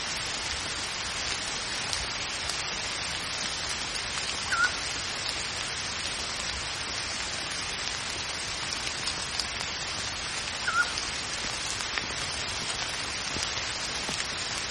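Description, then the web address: Pygmy owl, two brief whistled notes about six seconds apart, barely rising above a continuous wash of falling rain. Owl calls heard with rain in the background. "wavemill music Echoes of Nature - Rain With Pygmy Owl"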